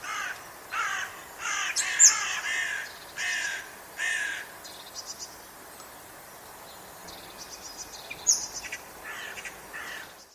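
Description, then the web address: Bird calling with harsh, caw-like notes, a rough burst roughly every second for about five seconds, then quieter scattered calls. "cianscape. Deverinetal 2025. Bird Only"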